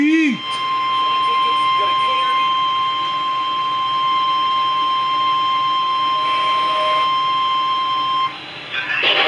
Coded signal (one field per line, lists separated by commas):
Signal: Emergency Alert System (SAME) tones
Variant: 1050 Hz attention tone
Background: speech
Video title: DAVIDSON ON FFE... EAS Alerts From 8/8/24 8/9/24 (EAS#1,833 - #1,839)